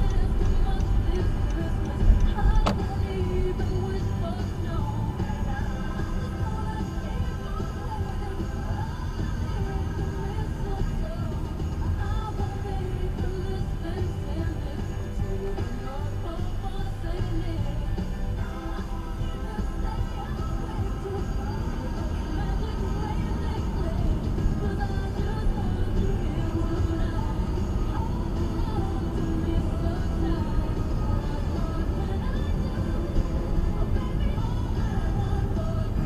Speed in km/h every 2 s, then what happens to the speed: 24, 24, 23, 16, 13, 16, 16, 8, 5, 6, 11, 21, 27, 27, 29, 31, 27, 26.
4-7 slows to 13. 7-12 steady at about 16. 12-15 brakes to 5. 15-24 speeds up to 27. 24-30 steady at about 27.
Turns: none.